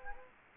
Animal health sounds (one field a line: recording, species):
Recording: mosquito wingbeat signal from an infrared sensor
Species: Anopheles gambiae